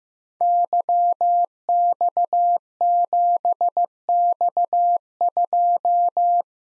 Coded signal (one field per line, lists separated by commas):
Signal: Morse code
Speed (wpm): 15 wpm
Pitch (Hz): 700 Hz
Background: none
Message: YX7X2